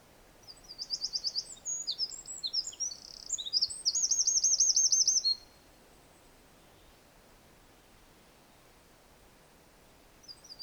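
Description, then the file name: Eurasian wren sings a vigorous phrase of high, rapid notes and a rolling trill lasting about five seconds, followed by quiet and a brief restart at the end. "Troglodytes troglodytes"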